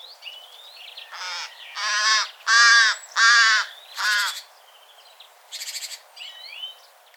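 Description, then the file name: Carrion crow cawing: a run of five hoarse, harsh caws roughly every 0.7 seconds, then a shorter buzzy call, with thin whistled notes of other birds around them. "Corvus corone"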